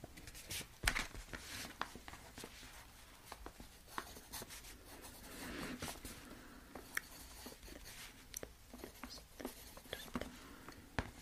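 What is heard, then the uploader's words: Cash being sorted and counted: frequent sharp, bright paper snaps and rustles at an irregular pace, with a soft low murmur underneath throughout. Cash sorting, counting, spreading.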